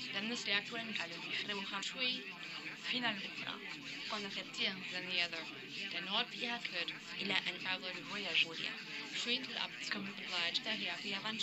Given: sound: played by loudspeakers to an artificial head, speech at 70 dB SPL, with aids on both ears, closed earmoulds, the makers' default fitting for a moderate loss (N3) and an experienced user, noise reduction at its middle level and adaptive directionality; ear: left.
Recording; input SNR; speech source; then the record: speech test signal (ISTS) in cocktail-party noise; 0 dB; in front (0 degrees)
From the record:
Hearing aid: class 1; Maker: D